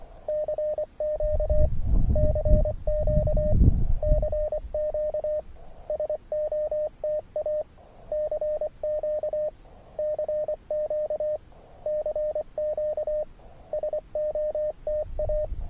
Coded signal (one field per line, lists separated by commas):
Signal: Morse code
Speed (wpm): 24 wpm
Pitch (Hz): 590 Hz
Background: radio noise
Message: CQ CQ CQ SOTA CQ CQ CQ SOTA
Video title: Höchstein OE/ST-334, SOTA Hike n Fly, August 21st 2023